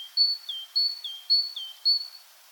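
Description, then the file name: Great tit song: a clear two-note see-saw phrase of higher and lower whistles, repeated four times. "Parus major"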